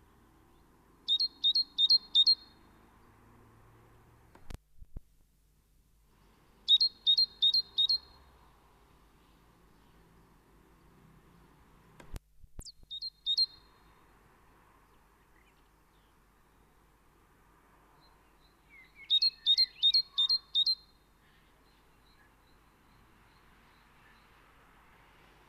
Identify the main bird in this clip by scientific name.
Parus major